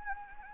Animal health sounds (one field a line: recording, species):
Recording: mosquito wingbeat signal from an infrared sensor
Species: Anopheles gambiae